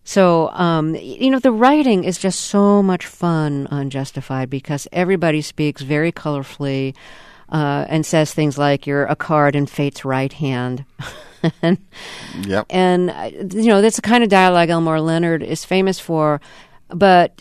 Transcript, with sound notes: So, you know, the writing is just so much fun on "Justified" because everybody speaks very colorfully and says things like you're a card in fate's right hand (laughter).
Yep.
And, you know, that's the kind of dialogue Elmore Leonard is famous for.